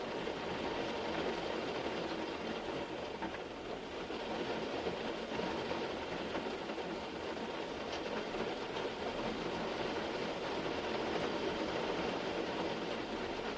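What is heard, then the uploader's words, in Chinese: Torrential rain pounds a car in a dense, unbroken roar, steady throughout, with a low rumble underneath and countless crackling drops on top. 陋室谧谧·白雨车居。白雨跳珠乱入车。特大暴雨·京。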